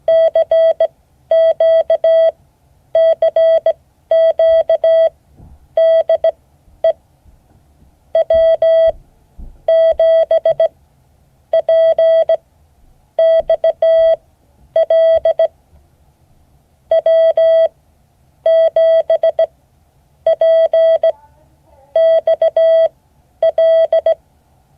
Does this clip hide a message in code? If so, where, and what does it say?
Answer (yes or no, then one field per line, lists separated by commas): yes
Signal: Morse code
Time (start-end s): 0.1-24.1 s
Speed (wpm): 17 wpm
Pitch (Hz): 650 Hz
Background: none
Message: CQ CQ DE W7PXL W7PXL